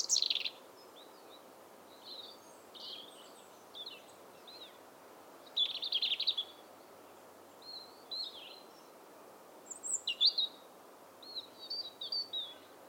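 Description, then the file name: European robin delivering scattered high, sweet warbling phrases, some quiet and some louder with fast trills, separated by short gaps, over a steady low background noise. "Erithacus rubecula"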